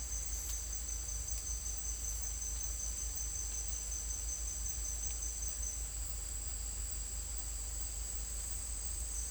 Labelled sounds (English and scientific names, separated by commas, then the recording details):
none
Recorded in secondary vegetation near Puerto Asís, Putumayo, Colombia, on 22 December 2024 at 09:00
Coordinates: 0.484, -76.319
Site GP06